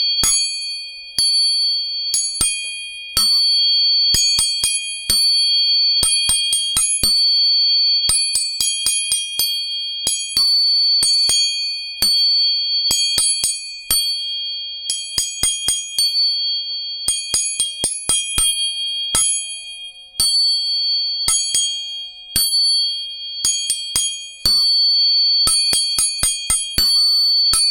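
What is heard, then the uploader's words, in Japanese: Three tuning forks are struck again and again, each tap giving a sharp metallic click and then pure, steady high tones that ring on between hits. The strikes come in quick clusters throughout, bright, with a faint lower hum underneath. 音叉チューニング3本。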